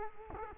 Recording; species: mosquito wingbeat signal from an infrared sensor; Culex quinquefasciatus